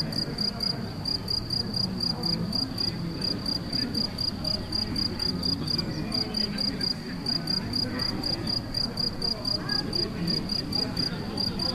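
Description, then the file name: Cricket chirping, a steady high pulsed trill repeating about four times a second over low rumbling background noise. Crickets recorded in Galicia on 24 May 2014 with an MZ-N710 recorder. "MZ-N 710 Grillons la Galicia re 24 05 14"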